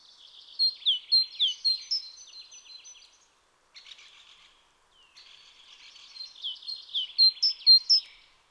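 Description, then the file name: Great tit calls: rapid sharp high notes mixed with buzzy chattering, a brief pause, then another quick run of bright, clipped notes. "Parus major"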